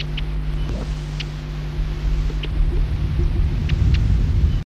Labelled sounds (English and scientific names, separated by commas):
Pririt Batis (Batis pririt) call